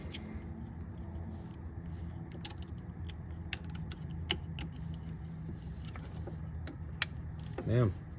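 A fog or headlight sleeve for a 2013 Jeep Wrangler is handled and lined up with two small pins at the bottom of its mounting, producing light taps and short sharp ticks, the loudest near 3.5, 4.3 and 7.0 seconds, over a steady low hum. Someone talks briefly near the end. The light part has not yet been pushed in, and nothing has seated or clicked yet.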